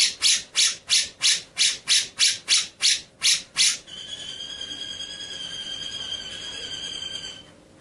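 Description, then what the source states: White-rumped shama producing a run of scratchy rasping notes that gives way to a long, steady, high whistled tone. Masteran (training) song; full ngerol and nembak song styles.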